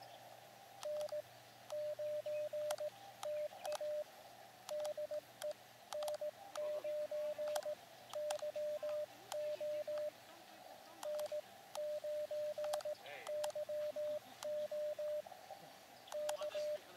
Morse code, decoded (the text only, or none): N9TA DE N9YO N9YO K